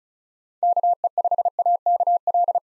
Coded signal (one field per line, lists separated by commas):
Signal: Morse code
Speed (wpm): 34 wpm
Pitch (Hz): 700 Hz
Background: none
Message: KE5AKL